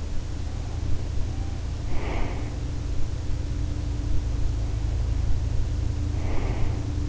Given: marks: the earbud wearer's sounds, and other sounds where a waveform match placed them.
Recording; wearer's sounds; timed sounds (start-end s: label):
sounds in sleep by an in-ear microphone; breath
1.80-2.77 s: breath
6.19-7.09 s: breath